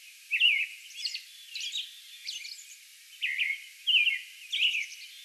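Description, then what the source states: American robin song: a loud opening phrase, a few softer thin phrases, then three louder bright whistled carols near the end. Song bout recorded on May 11.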